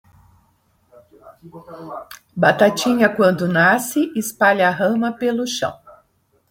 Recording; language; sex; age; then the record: short text; Brazilian Portuguese; female; 60 to 69 years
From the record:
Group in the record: control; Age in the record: 64 years